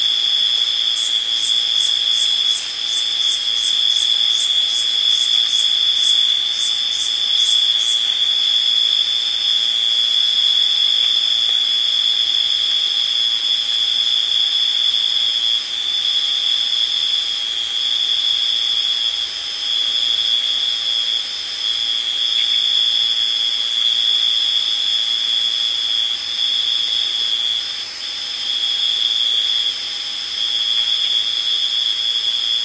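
Summer evening bugs keep up a steady, shrill drone throughout, with a faster, higher ticking chorus joining in over the first eight seconds.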